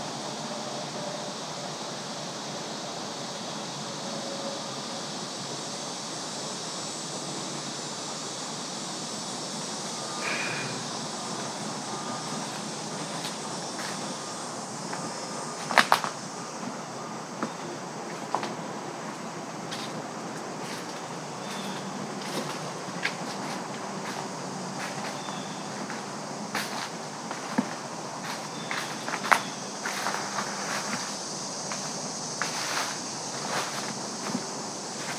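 An early evening walk in the woods beside a bubbling stream, with a steady rush of water filling the background throughout. Scattered sharp snaps and rustles, likely footsteps and animals moving, grow more frequent after the fifteen-second mark.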